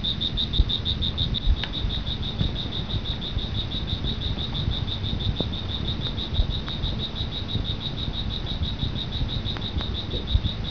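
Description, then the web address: Cricket chirping steadily in high rapid pulses, with a few scattered clicks and a low rumbling background. "特酷声音素材库 动物 昆虫 蟋蟀"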